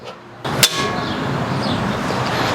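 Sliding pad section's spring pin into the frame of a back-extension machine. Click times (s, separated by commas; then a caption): 0.6 s. A spring pin on a sliding steel pad section of a home-gym back-extension / Nordic machine snaps into a hole in the steel frame with a sharp metallic click at 0.6 s. The adjustable pad is locked in place. Steady background noise continues after the click.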